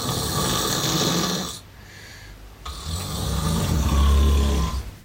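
Two loud, low-pitched rumbling snores from an adult, each lasting about one and a half to two seconds, separated by a quieter breathing pause. The coarse, fluttering low rumble is typical of ordinary snoring during sleep.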